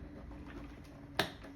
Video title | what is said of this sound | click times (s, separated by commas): Riccar Tandum Air Vacuum Cleaners Exceptional Performce When Clean matters. | and locks shut, | 1.2 s